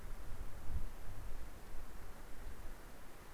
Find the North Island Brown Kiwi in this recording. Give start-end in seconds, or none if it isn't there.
none